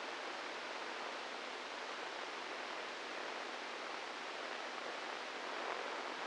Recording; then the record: brain microelectrode recording played as sound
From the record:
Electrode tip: inside the subthalamic nucleus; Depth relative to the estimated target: 1 mm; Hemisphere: right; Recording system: NeuroSet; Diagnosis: Parkinson's disease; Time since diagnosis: 8 years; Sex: male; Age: 46 years